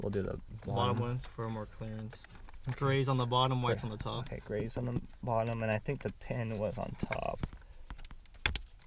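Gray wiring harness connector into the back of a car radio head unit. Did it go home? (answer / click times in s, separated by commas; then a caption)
yes / 8.5 s, 8.6 s. A gray wiring harness connector is plugged, pin side up, into the bottom socket on the back of an Android car radio head unit during a 2015 Subaru WRX STI/Forester install. Someone talks through most of the clip, then two sharp snaps at 8.5 s and 8.6 s mark the connector seating, with fainter ticks just before.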